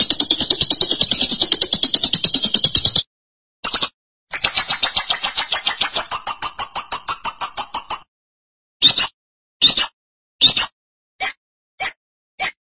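Lovebird song: rapid buzzy chattering for three seconds, then a longer scratchy trill, followed by a string of separate short harsh chirps.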